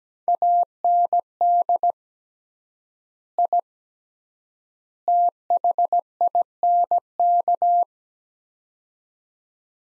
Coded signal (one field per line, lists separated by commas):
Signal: Morse code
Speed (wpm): 17 wpm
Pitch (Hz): 700 Hz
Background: none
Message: AND I THINK